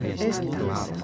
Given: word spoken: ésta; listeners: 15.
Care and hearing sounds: one Spanish word in noise, from a listening test; eight-talker babble; -3.0 dB; 1 of 15; 10 of 15; 0.64 s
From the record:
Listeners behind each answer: 10, 1, 1, 1, 1, 1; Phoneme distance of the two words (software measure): 7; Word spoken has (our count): 2 syllables, 4 phonemes, stress on syllable 1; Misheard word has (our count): 2 syllables, 5 phonemes, stress on syllable 1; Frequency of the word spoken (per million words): 164.14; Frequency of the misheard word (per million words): 452.75

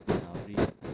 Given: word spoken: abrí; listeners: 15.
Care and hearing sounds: one Spanish word in noise, from a listening test; noise modulated by one talker; -12.8 dB; 0 of 15; 7 of 15; 0.54 s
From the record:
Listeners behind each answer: 7, 4, 1, 1, 1, 1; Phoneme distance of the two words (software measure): 7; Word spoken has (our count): 2 syllables, 4 phonemes, stress on syllable 2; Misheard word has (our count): 2 syllables, 5 phonemes, stress on syllable 2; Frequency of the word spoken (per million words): 5.10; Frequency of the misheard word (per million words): 57.52

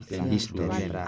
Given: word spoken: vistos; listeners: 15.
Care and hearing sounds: one Spanish word in noise, from a listening test; four-talker babble; -0.7 dB; 1 of 15; 7 of 15; 0.68 s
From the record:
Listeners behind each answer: 7, 1, 1, 1, 1, 1, 1, 1, 1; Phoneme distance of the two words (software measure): 10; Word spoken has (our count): 2 syllables, 6 phonemes, stress on syllable 1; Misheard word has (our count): 2 syllables, 6 phonemes, stress on syllable 1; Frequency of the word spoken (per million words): 7.03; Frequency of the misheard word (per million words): 7.70

